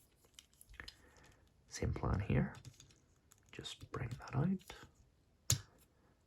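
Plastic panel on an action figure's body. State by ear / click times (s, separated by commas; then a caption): seated / 5.5 s. A plastic panel on the body of a Transformers Studio Series (TFOne) B-127 action figure is pulled out and pushed round into position while someone talks, with faint handling clicks underneath. At 5.5 s it snaps into place with a sharp, loud click, and the panel is seated.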